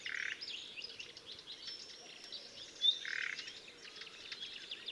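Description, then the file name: Common nightingale delivering fast, varied high-pitched song notes and trills, one sharp loud note near the middle, against continuous background hiss. "Luscinia megarhynchos"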